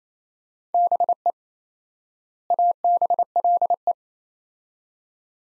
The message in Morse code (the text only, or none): BE ABLE